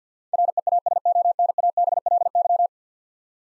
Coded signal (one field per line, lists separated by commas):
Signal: Morse code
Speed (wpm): 50 wpm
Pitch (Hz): 700 Hz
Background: none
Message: REASONABLY